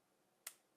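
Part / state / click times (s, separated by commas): lancet firing mechanism in a lancing device built into a glucose meter / released / 0.5 s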